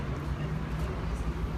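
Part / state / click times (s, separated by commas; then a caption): tracker module into wristband strap / not seated / none. A Helo LX health-tracker module, a wearable sensor unit, is being handled and pressed toward its wristband strap holder. Only a steady low hum and background noise are heard, with no sharp sounds. Nothing has seated or clicked yet.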